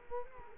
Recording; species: mosquito wingbeat signal from an infrared sensor; Culex quinquefasciatus